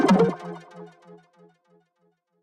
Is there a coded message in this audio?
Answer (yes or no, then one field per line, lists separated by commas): no